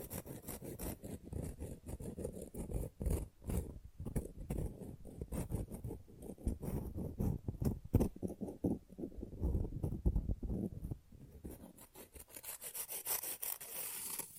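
Rough, fast nail filing with a steady run of quick scratchy strokes, dense and mostly low to mid in tone, with sharp clicks from tapping scattered throughout. Near twelve seconds the strokes briefly thin out, then a brighter hiss rises toward the end.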